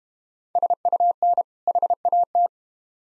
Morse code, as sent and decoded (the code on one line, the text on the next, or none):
... ..- -. / .... .- -
SUN HAT